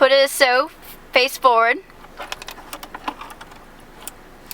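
Someone talks briefly, then a navigation SD card is handled and pushed face forward into the SD slot in the dash console of a car with the Ford SYNC MyFord Touch system. A series of light, sharp clicks and taps follows. Nothing has seated or clicked into place yet by the end of the clip.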